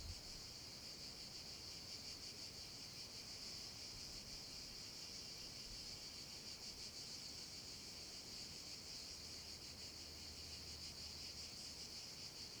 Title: Cava abbandonata - Vento e cicale nella cava